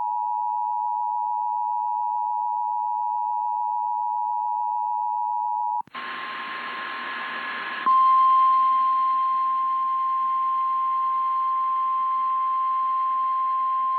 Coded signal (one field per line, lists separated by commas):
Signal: Emergency Alert System (SAME) tones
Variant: 853 and 960 Hz attention tone